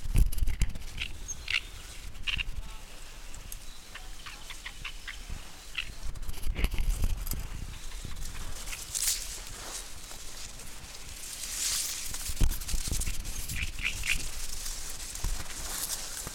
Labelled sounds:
Great Reed Warbler (Acrocephalus arundinaceus)

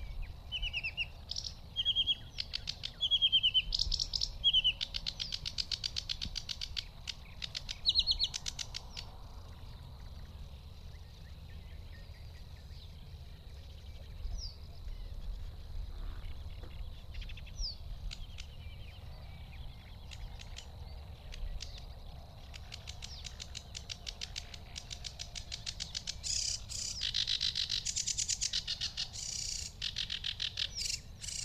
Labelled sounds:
Sedge Warbler (Acrocephalus schoenobaenus) song

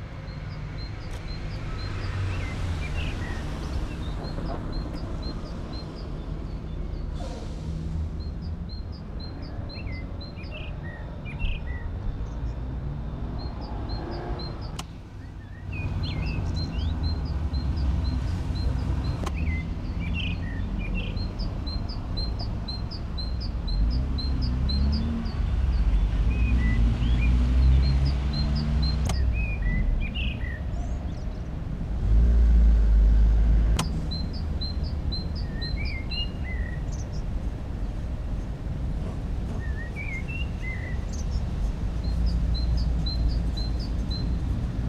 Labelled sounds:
Common Blackbird (Turdus merula) song

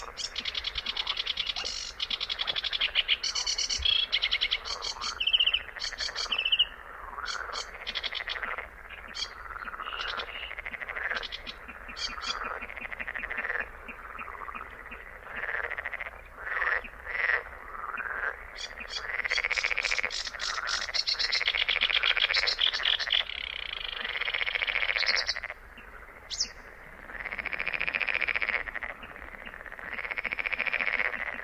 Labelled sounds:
Sedge Warbler (Acrocephalus schoenobaenus) song

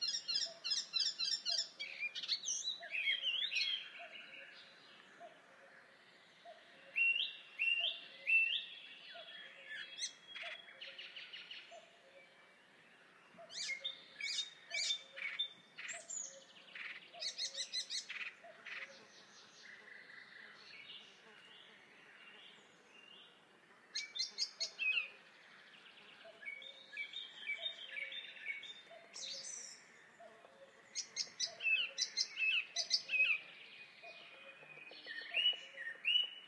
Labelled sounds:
Icterine Warbler (Hippolais icterina) song

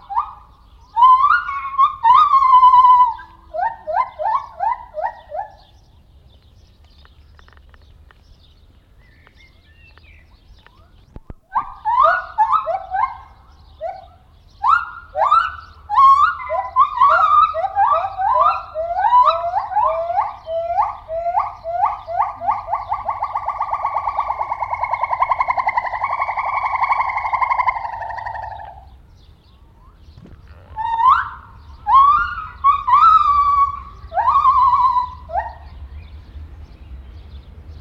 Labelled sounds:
Silvery Javan Gibbon (Hylobates moloch)

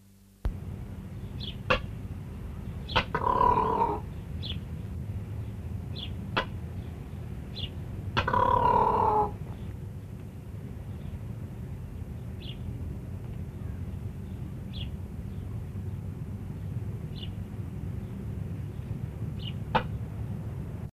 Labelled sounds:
Green Peafowl (Pavo muticus) call

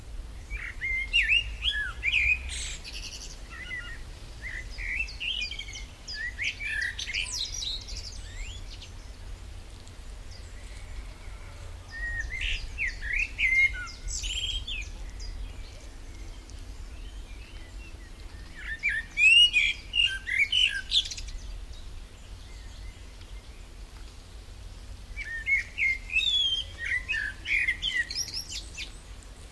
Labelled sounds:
Common Blackbird (Turdus merula) song

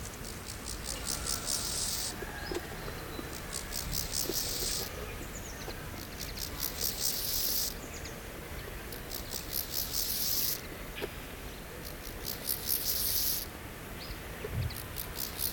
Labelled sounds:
Steppe Grasshopper (Chorthippus dorsatus) stridulation

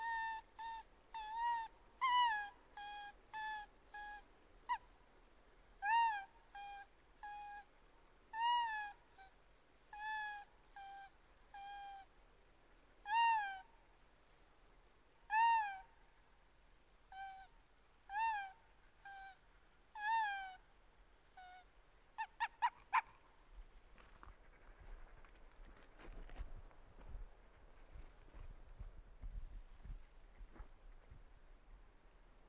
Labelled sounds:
Arctic Fox (Vulpes lagopus) call

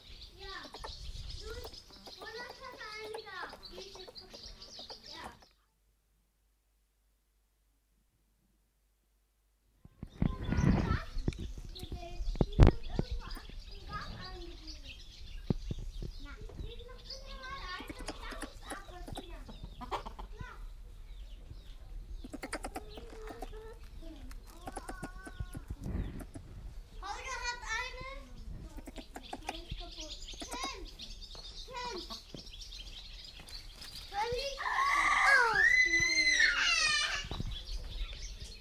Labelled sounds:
Beech Marten (Martes foina) call

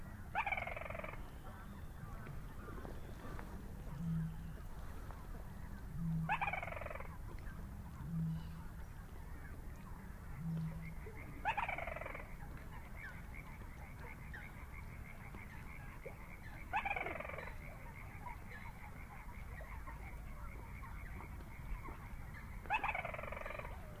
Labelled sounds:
Little Crake (Porzana parva) song

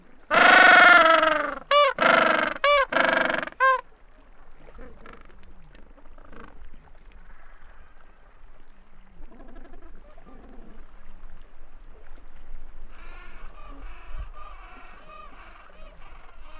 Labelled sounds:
Gentoo Penguin (Pygoscelis papua) call

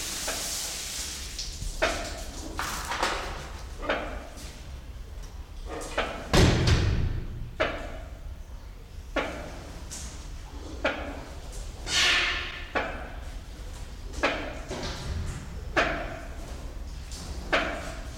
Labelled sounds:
Malabar Pied Hornbill (Anthracoceros coronatus) call

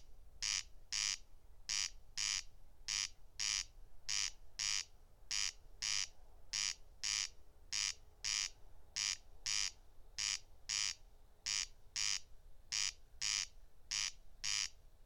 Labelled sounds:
Corn Crake (Crex crex) song

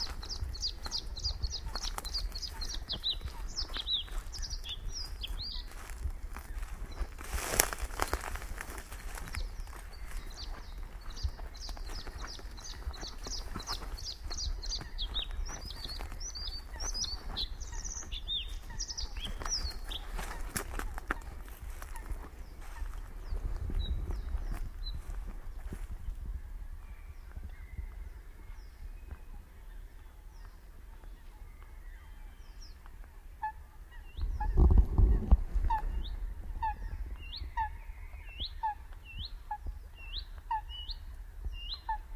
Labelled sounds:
Bluethroat (Luscinia svecica) song

